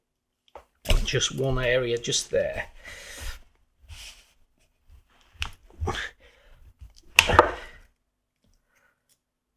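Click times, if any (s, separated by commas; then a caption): 7.2 s. Someone talks while pressing a Taschenmesser MAD G10 84mm Plus replacement front scale onto the locating pins of a Victorinox Sportsman pocket knife frame. A sharp click is heard at 7.2 s as the scale pops in and locates on the pins. The scale is seated.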